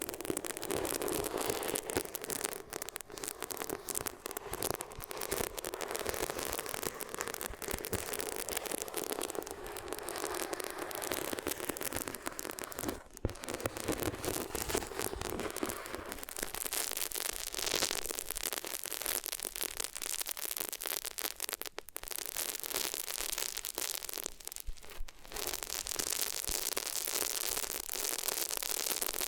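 Materials are rubbed against the ears in a dense, continuous scratchy rustle with constant crackling and a bright hissy edge. Brief gaps break it near 13, 21 and 25 seconds, and after about 16 seconds the texture turns brighter and more hissing.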